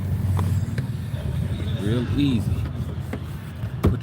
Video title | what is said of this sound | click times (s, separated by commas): 06 BMW 330i Black Stretch Suede Installation Part 3 of 3 | it straight down and it's locked in place just like that | 0.4 s, 0.8 s